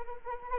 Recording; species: mosquito wingbeat signal from an infrared sensor; Anopheles arabiensis